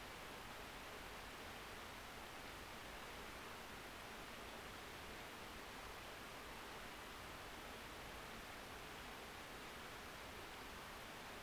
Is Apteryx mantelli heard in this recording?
no